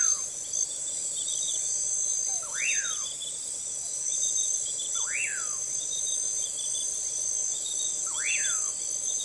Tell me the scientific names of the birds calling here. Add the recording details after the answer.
Nyctidromus albicollis. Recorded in forest near Pivijay, Magdalena, Colombia, on 13 April 2023 at 02:00. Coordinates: 10.467, -74.380. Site Z5-G034